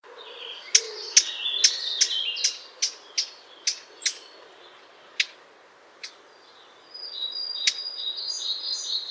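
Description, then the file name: Eurasian blackcap giving sharp, hard tack calls, about a dozen, quick at first and then spacing out. "Sylvia atricapilla"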